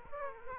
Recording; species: mosquito wingbeat signal from an infrared sensor; Aedes aegypti